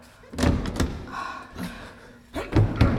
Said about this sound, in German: Ich krieg die Tür nicht auf. Etwas Schweres scheint dahinter zu liegen.